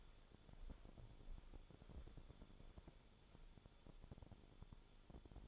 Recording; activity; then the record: daily activity, microphone in the room; walk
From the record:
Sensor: 5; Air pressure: 1015.4 hPa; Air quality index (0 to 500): 174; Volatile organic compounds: 6 ppm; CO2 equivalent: 1890 ppm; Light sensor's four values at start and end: 32/73/29/27 and 31/71/28/25